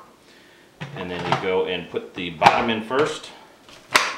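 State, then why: Seated. A plastic filter housing is fitted back into the canister of a Shark Rotator Professional vacuum, bottom first, while someone talks. A sharp, loud click at 3.9 s marks the housing snapping into place, seated in the vacuum.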